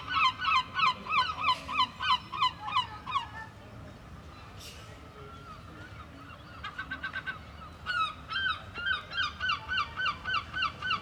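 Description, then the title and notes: Gull giving bursts of loud, strident yelping calls in rapid regular series, with a brief pause and a short hiss between bouts, over soft background noise. Seagulls at Mers-les-Bains seafront, France, with waves in the distance and people walking past; recorded with DPA 4060 AB pair into Zoom F3. "66 Esp. du Général Leclerc, 80350 Mers-les-Bains, France - Seagulls and people. Seagulls, waves in the distance, people passing by. Mouettes, vagues dans le lointain, promeneur·euses"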